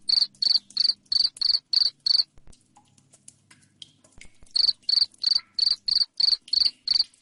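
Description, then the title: Cricket chirping in rapid, evenly spaced pulses about three per second, pausing for roughly two seconds midway before resuming the same steady rhythm. Loud cricket chirping played to make lovebirds sing continuously. "Suara JANGKRIK NGERIK Keras Bikin LOVEBIRD Jadi NGEKEK Terus Vubey"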